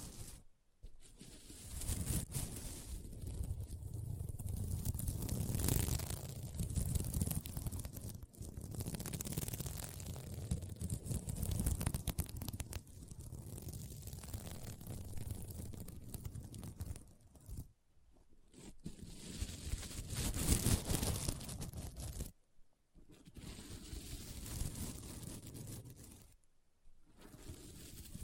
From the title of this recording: SequinMermaid Pillow Scratching Sounds